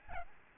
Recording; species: mosquito wingbeat signal from an infrared sensor; Aedes albopictus